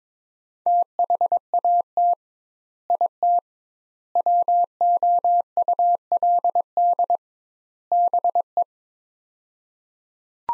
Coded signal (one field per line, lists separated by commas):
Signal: Morse code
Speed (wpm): 22 wpm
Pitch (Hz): 700 Hz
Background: none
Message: THAT IT WOULD BE